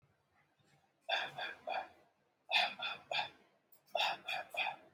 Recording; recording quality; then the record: shallow voluntary cough; excellent, no background noise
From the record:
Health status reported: healthy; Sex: male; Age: 30 years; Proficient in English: yes